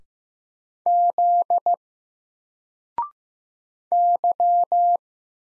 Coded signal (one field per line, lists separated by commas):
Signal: Morse code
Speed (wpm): 15 wpm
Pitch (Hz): 700 Hz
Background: none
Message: Z Y